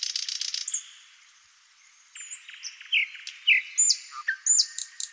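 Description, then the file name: Thrush nightingale: songbird phrase beginning with a buzzy high rattle, then a pause, then separate loud whistles and short falling notes at an uneven pace. "solovey obyknovennyy golos"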